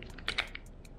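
A door lock cylinder with its plastic trim piece fitted is being handled and pushed toward the outer door handle housing of a 2014-2019 Toyota Corolla. Short, sharp clicky taps and rattles are heard, the strongest near 0.3 s and 0.55 s. Nothing has seated or clicked into place yet.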